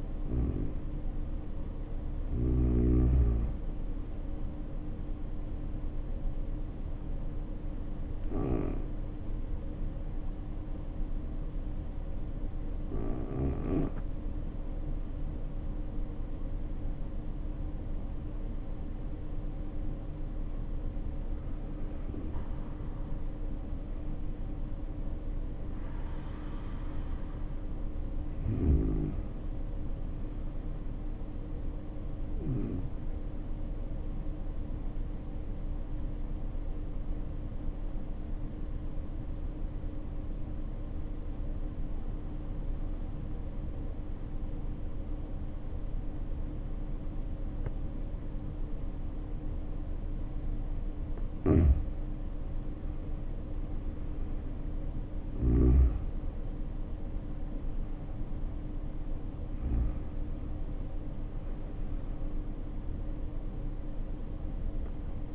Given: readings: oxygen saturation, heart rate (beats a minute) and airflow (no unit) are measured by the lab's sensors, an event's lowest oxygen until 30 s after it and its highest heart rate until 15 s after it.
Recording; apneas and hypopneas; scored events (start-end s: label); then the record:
breathing in sleep by a smartphone at the bedside; 2
6.00-22.20 s: hypopnea (N1, oxygen 94% highest, then 86% lowest, heart rate 63 at the start, 69 highest)
28.00-65.35 s: new sleep stage, REM sleep
31.00-53.90 s: hypopnea (REM, oxygen 96% highest, then 82% lowest, heart rate 61 at the start, 69 highest)
From the record:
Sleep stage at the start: N1 (lightest sleep); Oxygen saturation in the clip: 84 to 96%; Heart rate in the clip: 57 to 69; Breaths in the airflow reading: 9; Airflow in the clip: -7.0 to 6.9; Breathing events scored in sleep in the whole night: 520 in 7.2 hours asleep